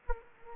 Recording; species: mosquito wingbeat signal from an infrared sensor; Anopheles gambiae